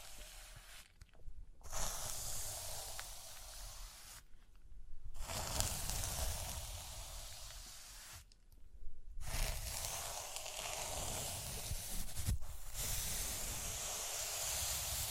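Rhinestones are brushed and scratched in long, dense, hissing sweeps that sound almost like rushing steam. The bright scraping stops briefly around 1, 4, 8 and 12 seconds, while a low, uneven rumble continues underneath throughout.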